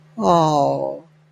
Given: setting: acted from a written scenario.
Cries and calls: vocal sound without words; sympathy

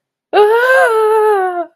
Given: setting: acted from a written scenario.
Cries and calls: vocal sound without words; fear

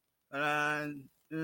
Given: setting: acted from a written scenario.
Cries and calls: vocal sound without words; sympathy

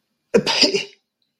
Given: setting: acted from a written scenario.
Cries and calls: vocal sound without words; disgust

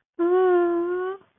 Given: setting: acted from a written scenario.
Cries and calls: vocal sound without words; fear

